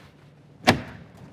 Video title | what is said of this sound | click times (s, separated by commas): Toyota 4Runner Alpine Plug & Play 5-Channel Amp & Down-fire Sub Kit - 2010 - 2024 Toyota 4Runner | And here it's locks into place nicely. | 0.7 s